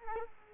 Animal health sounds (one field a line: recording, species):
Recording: mosquito wingbeat signal from an infrared sensor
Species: Culex quinquefasciatus